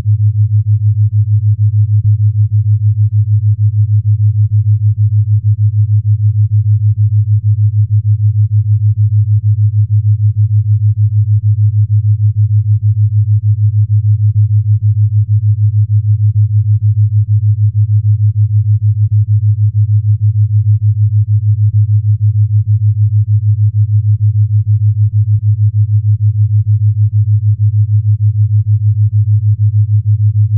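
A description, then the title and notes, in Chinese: A theta brainwave tone at 6.5 Hz: a single low, deep hum held perfectly steady for the whole half minute. Its level never changes, with only a faint, rapid pulsing inside the tone and nothing bright or sharp above it. 西塔脑波6.5Hz丨θ频率。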